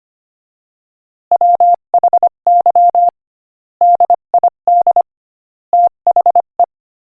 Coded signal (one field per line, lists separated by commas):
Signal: Morse code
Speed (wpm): 24 wpm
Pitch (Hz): 700 Hz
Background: none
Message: WHY DID THE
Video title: Morse Code Practice: 25 wpm Joke #4